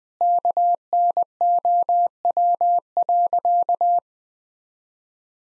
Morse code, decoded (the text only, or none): KNOW.